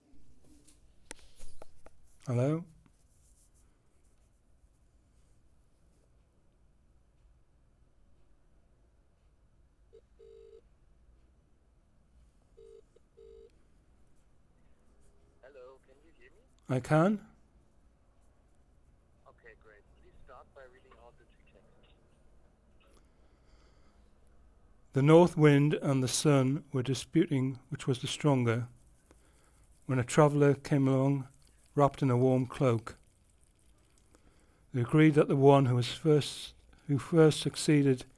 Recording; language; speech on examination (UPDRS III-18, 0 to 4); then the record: text read into a phone; English; 1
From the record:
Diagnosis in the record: Parkinson's disease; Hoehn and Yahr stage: 3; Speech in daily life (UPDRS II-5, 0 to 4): 0